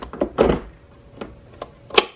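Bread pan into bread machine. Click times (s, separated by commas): 2.0 s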